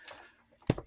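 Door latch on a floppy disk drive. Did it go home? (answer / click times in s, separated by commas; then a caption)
no / none. Another attempt is made to close the plastic door latch on an Atari 810 floppy disk drive: a faint tap near 0.1 s is followed by a sharp plastic clack at 0.7 s and a smaller rattle at 0.8 s. The latch has not locked in.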